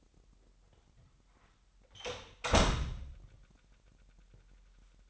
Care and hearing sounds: daily activity, microphone in the room; close door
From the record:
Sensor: 3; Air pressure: 998.4 hPa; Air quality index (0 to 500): 138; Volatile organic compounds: 4 ppm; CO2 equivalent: 1648 ppm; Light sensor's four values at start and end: 16/45/18/17 and 16/45/18/17

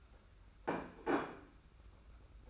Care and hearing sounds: daily activity, microphone in the room; place plate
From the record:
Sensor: 2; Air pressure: 991.7 hPa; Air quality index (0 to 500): 186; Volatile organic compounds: 1000 ppm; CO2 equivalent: 6092 ppm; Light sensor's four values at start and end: 27/85/33/31 and 27/85/33/31

